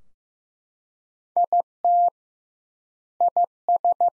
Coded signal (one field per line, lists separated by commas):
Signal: Morse code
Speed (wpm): 16 wpm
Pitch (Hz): 700 Hz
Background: none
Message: IT IS